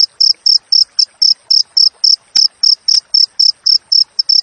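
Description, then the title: Cricket chirping in quick high pulses roughly four a second, with a brief faint click partway through. Clear natural cricket chirping with tightly spaced chirps, used for training songbirds and for repelling rats. "Masteran Jangkrik Alam Jernih, Jeda Rapat Cocok Untuk Masteran Burung Dan Mengusir Tikus"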